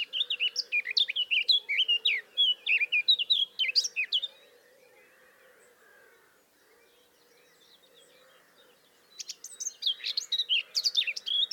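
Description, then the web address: Eurasian blackcap warbling song: a rapid stream of varied twittering and whistled notes for four seconds, a quiet pause of about five seconds, then the warble resumes. Faint low hum throughout. "SETE data Sylvia atricapilla"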